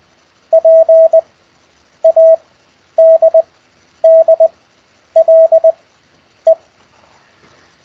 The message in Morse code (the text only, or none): PADDLE